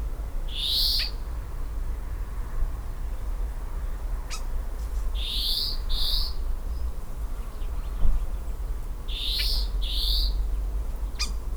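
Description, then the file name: European greenfinch calling in buzzy, slightly rising notes, mostly in pairs, repeated three times, with constant low rumble and some faint clicks. "Chloris chloris"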